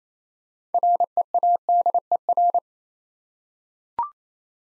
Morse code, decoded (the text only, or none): READER